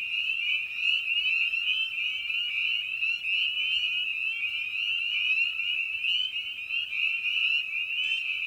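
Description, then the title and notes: Spring peeper: a steady chorus of spring peepers, bright high peeps overlapping without pause. Spring peepers recorded at a frog pond in the evening; presented in a modified format intended as a sleep aid. "Episode 5: Night of the Peepers. we return to the frog pond for a meditative evening. Species in Focus: Spring Peeper (Pseudacris crucifer). Written, recorded, and produced by Ian Carlsen"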